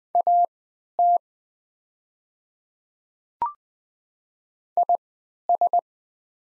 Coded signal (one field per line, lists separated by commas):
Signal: Morse code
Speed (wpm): 20 wpm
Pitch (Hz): 700 Hz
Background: none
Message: AT IS